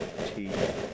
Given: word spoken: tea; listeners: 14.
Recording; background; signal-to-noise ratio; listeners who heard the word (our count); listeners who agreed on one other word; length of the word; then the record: one English word in noise, from a listening test; noise modulated by three-talker babble; -6.8 dB; 5 of 14; 7 of 14; 0.54 s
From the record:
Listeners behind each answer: 7, 5, 1, 1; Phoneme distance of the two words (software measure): 7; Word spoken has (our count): 1 syllable, 2 phonemes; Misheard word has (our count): 1 syllable, 3 phonemes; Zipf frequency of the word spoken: 5.02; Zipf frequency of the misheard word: 4.70